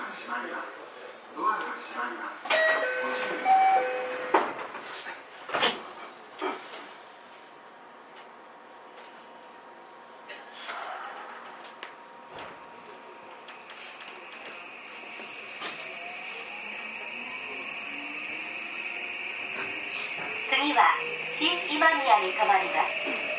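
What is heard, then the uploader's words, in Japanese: A JR 323 series train at Momodani: chimes and voices early, then a motor whine rising steadily in pitch as it accelerates. JR323系 桃谷→桃谷。朝早くに乗車して録音しましたが、そこそこ乗客がおり、少し声が聞こえます。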